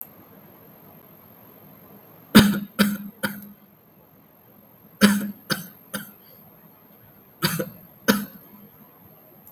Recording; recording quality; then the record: shallow voluntary cough; excellent, no background noise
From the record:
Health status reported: healthy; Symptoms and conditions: cough, fatigue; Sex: male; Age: 38 years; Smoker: yes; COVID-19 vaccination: both doses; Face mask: not worn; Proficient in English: yes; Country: India